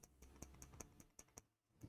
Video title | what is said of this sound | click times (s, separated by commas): [Switch] PIMP My JoyCon Nintendo Switch | Clipsed, ok. Tu vois, je pensais pas que ça allait se clipser aussi bien. | 0.8 s, 1.2 s, 1.4 s